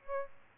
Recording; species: mosquito wingbeat signal from an infrared sensor; Aedes albopictus